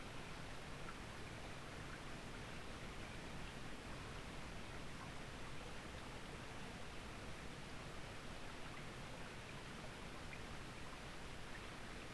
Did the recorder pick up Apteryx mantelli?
no